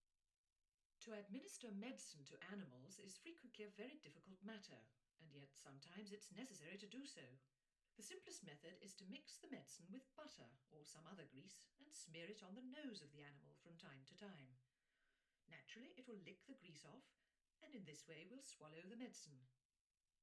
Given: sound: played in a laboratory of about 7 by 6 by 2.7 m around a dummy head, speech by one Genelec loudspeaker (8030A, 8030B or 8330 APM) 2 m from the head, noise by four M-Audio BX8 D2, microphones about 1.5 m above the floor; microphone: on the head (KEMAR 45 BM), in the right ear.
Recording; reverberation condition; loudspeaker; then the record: female speech in English; low; in front (0 degrees)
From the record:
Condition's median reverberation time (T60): about 310 ms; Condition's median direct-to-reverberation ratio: about 3.5 dB